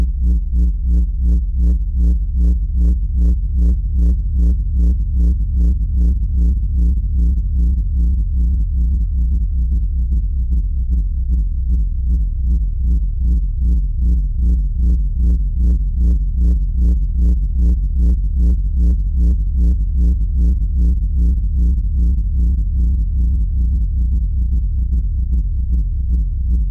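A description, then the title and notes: One long, low D bowed on a string holds steady for the whole stretch, with a gentle, regular pulsing throughout. One long low D.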